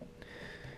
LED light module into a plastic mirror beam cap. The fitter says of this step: literally just pop into place just like so and that's